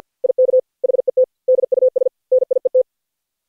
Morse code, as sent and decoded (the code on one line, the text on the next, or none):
.. -.- / .... . - / -.. ..- ... / -. .. . -
IK HET DUS NIET